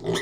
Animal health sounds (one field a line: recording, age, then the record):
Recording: pig call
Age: weaner (32 to 43 days)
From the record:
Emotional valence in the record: negative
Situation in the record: long isolation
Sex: female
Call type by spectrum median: low-frequency call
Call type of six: mixed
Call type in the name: high-frequency modulated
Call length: 0.21 s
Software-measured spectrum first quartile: 344 Hz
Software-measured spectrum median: 840 Hz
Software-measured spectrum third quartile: 3018 Hz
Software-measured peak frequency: 386 Hz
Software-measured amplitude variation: 125 dB a second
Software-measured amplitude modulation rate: 11.8 a second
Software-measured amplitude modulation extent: 10.7 dB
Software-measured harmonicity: 2.1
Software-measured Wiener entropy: -3.31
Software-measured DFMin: 1597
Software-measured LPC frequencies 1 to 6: 423, 1143, 1941, 3124, 3546, 5156 Hz